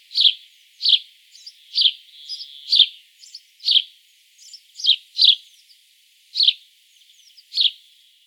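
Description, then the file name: House sparrow chirps, short bright notes repeated irregularly, with faint softer chips between them. "Passer domesticus"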